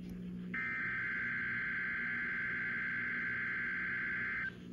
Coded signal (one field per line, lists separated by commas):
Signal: Emergency Alert System (SAME) tones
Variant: header bursts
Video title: EAS 753 - RWT